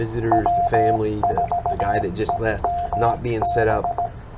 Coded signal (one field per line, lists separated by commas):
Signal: Morse code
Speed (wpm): 18 wpm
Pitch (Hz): 700 Hz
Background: speech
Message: W4EMB